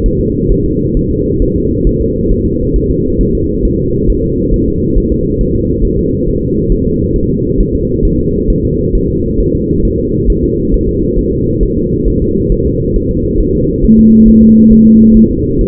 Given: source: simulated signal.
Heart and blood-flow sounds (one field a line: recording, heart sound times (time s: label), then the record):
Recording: fetal heart sounds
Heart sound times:
0.06 s: S1
0.20 s: S2
0.52 s: S1
0.66 s: S2
0.97 s: S1
1.11 s: S2
1.42 s: S1
1.56 s: S2
1.87 s: S1
2.01 s: S2
2.32 s: S1
2.46 s: S2
2.76 s: S1
2.91 s: S2
3.21 s: S1
3.35 s: S2
3.65 s: S1
3.80 s: S2
4.09 s: S1
4.24 s: S2
4.54 s: S1
4.68 s: S2
4.97 s: S1
5.12 s: S2
5.41 s: S1
5.56 s: S2
5.85 s: S1
5.99 s: S2
6.28 s: S1
6.43 s: S2
6.72 s: S1
6.86 s: S2
7.16 s: S1
7.30 s: S2
7.60 s: S1
7.75 s: S2
8.05 s: S1
8.20 s: S2
8.50 s: S1
8.65 s: S2
8.95 s: S1
9.10 s: S2
9.40 s: S1
9.55 s: S2
9.85 s: S1
10.00 s: S2
10.30 s: S1
10.44 s: S2
10.74 s: S1
10.89 s: S2
11.19 s: S1
11.33 s: S2
11.63 s: S1
11.77 s: S2
12.08 s: S1
12.22 s: S2
12.52 s: S1
12.66 s: S2
12.96 s: S1
13.11 s: S2
13.40 s: S1
13.55 s: S2
13.84 s: S1
13.99 s: S2
14.28 s: S1
14.43 s: S2
14.72 s: S1
14.87 s: S2
15.17 s: S1
15.31 s: S2
15.61 s: S1
From the record:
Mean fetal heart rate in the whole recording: 135 bpm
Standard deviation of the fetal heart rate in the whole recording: 3 bpm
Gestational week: 36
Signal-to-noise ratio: -14.7 dB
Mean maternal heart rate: 72 bpm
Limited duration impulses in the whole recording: present